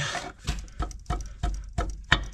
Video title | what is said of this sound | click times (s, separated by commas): 2004 Ford 6.0 INJECTOR REPLACEMENT | Here. Did you hear it lock in? | 2.1 s